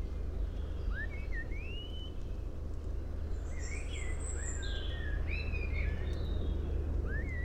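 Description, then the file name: Common blackbird song, rising fluty whistles followed by a run of warbled notes and a high twitter, over a continuous low-pitched hum. "Turdus merula"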